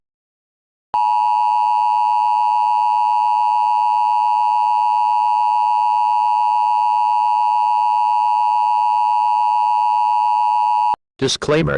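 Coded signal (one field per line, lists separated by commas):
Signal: Emergency Alert System (SAME) tones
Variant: 853 and 960 Hz attention tone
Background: speech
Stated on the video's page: Fictional scenario alert.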